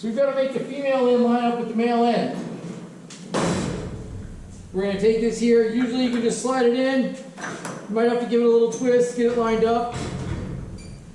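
Someone talks while lining up the female end of a Ryobi Expand-It trimmer/edger attachment shaft with the male end of the string trimmer powerhead coupling. A single dull bump is heard at about 3.1 s, and nothing has seated or clicked yet.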